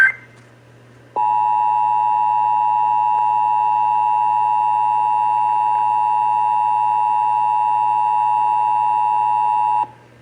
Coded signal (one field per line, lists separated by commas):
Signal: Emergency Alert System (SAME) tones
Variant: 853 and 960 Hz attention tone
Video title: (EAS #498) Severe Thunderstorm Warning (WBAP-AM)